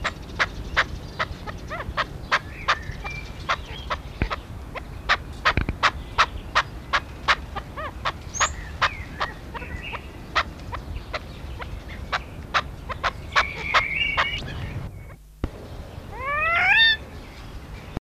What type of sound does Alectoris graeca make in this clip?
call